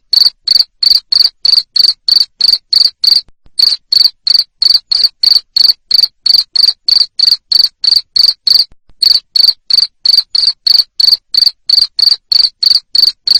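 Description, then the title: Cricket chirping loudly, short trilled pulses repeated about three times a second in steady runs, with brief gaps every few seconds. Loud cricket chirping used to make lovebirds sing continuously. "Suara JANGKRIK NGERIK Keras Bikin LOVEBIRD Jadi NGEKEK Terus Vubey"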